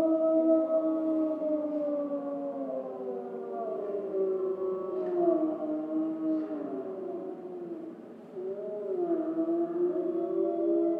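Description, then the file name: Grey wolf: grey wolves howling together, several long overlapping tones sliding up and down and weaving around each other. Wolves recorded in Schorfheide on 29 October 2015. "Wölfe und Kolkrabe Schorfheide 151029"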